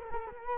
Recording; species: mosquito wingbeat signal from an infrared sensor; Culex quinquefasciatus